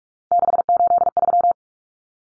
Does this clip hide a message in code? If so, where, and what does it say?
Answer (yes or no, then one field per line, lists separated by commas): yes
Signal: Morse code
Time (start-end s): 0.3-1.5 s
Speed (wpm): 44 wpm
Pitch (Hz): 700 Hz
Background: none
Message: 683